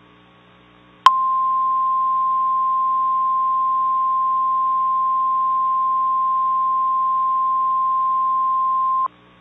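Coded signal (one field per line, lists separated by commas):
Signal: Emergency Alert System (SAME) tones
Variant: 1050 Hz attention tone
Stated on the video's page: Mock alert made to sound realistic, shown on a simulated night-mode weather radio screen.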